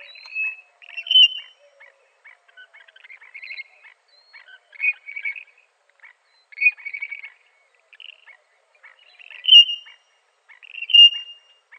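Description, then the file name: Western grebe giving harsh, creaking notes repeated in irregular bursts, with softer chattering notes between them. Recorded in Arizona on 14 May 2005. "WEGR 1 A deviche"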